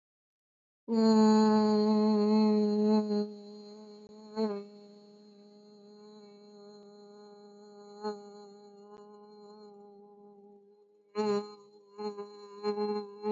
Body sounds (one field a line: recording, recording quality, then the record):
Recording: sustained vowel as in boot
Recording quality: excellent, no background noise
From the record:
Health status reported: healthy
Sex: female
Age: 48 years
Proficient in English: yes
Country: India